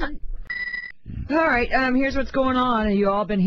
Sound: imitates someone speaking while being electrocuted